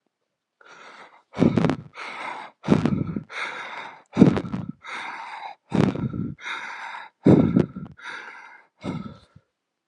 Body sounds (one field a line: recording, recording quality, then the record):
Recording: shallow breathing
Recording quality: excellent, no background noise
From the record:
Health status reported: exposed to COVID-19, no respiratory illness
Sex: male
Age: 53 years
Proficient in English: yes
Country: United States